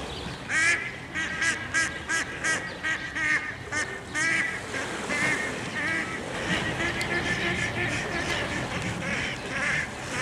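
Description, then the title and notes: Duck calls, rapid quacking from several birds early on, growing into a dense noisy chorus in the second half. Several ducks calling on Menorca. "Ente ruft. Menorca Enten rufen"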